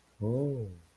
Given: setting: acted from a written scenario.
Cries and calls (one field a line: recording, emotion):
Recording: vocal sound without words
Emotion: interest